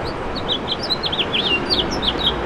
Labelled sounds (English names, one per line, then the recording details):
House Finch song
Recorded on Long Island, New York, on 7 June 2011
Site MV
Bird B